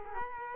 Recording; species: mosquito wingbeat signal from an infrared sensor; Culex quinquefasciatus